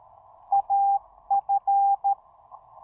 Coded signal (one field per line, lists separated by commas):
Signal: Morse code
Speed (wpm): 13 wpm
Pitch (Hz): 800 Hz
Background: none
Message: AF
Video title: QRP POTA: Pairing the TEC-TEC R4020 with my cannibalized 40M EFHW at Lake Norman SP!